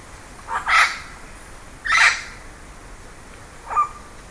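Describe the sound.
Bird uttering three separate raspy calls, two strong notes over a second apart and a fainter, shorter one near the end.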